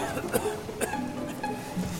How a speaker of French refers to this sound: Sa santé qui, déjà, n'était pas bien bonne, se dégrade. Delacroix tousse, il a la fièvre.